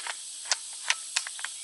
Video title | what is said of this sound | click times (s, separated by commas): The Basics to Your First AR Rifle, Equipment and Safety And Operation | Alright, push it in, you'll hear it click. That's the magazine catch engaging. | 1.2 s